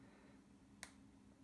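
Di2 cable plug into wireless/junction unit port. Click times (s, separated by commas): 0.8 s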